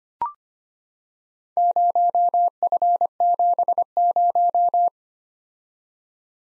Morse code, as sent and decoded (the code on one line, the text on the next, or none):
----- ..-. --... -----
0F70